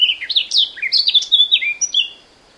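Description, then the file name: Eurasian blackcap giving a short, loud phrase of quick descending whistled notes, clear and melodious. "Sylvia atricapilla"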